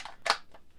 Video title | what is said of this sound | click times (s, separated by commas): Festool CXS Tool Chat! | just slide right in there like that snaps in place it won't fall out battery's not holding it in and then | 0.3 s